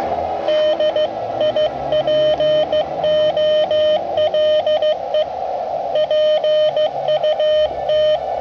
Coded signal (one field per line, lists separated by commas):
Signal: Morse code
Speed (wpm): 14 wpm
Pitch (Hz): 610 Hz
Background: radio noise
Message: DIPOLE PUT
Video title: VE2/OU-012 SOTA Activation 11/24/2012 / November 2012 PBMME